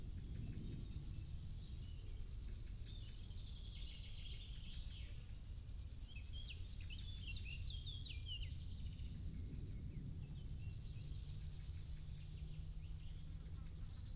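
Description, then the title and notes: Insects stridulating in grass, buzzy high trills that swell and pause in bursts, with scattered bird chirps and a steady low rumble throughout. Insects stridulating in grass on île Gabriel, Brangues, France, during a Rhône scouting trip; sunny summer afternoon, June 2021; two small Lom Usi Pro capsules in stereo AB placed in the grass, SD MixPre 6. "île Gabriel - Brangues, France - Bourdons et crissements estivaux. Une après-midi ensoleillée sur l'île Gabriel. en juin 2021. je dépose deux petites capsules dans l'herbe afin de capter les stridulations des insectes à cette saison"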